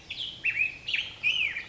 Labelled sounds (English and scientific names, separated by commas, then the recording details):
Black-headed Grosbeak (Pheucticus melanocephalus)
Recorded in Sonoma County, California